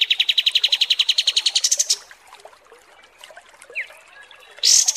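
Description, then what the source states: Pied Triller song: a rapid run of even notes for two seconds, then quiet chirping, a short note and a final loud buzzy burst. Masteran, a tutor song for training cage birds, of kapas tembak, described as mewah (luxurious).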